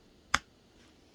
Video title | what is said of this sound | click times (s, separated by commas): How I made my Dog CPR Manikin Pt 1 | just a softer version so this fits pretty securely actually it does kind of snap into place with these grooves here | 0.3 s